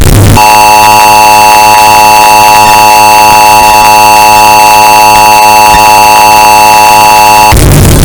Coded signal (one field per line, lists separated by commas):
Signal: Emergency Alert System (SAME) tones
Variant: 853 and 960 Hz attention tone